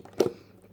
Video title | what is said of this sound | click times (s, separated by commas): Transformers Reviews - Armada Hoist with Refute | these bits are supposed to be ratcheted for the robot mode, although with this one, it doesn't lock in fully if you leave it flat. | 0.2 s